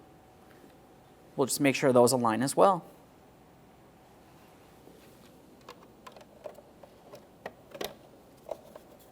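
Someone talks as the lower plastic trim panel is lined up on the side mirror housing of a 2015-2019 Subaru Outback so its locking tabs align. Light, scattered plastic taps and handling sounds follow. Nothing has seated or clicked yet.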